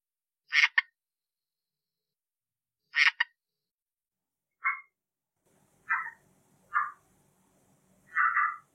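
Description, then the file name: Red-eyed tree frog giving short, sharp clucking chocks, the first two as quick doubled notes, then single rounder clucks about every second, with a faint low hum late on. "red eye tree frog calling"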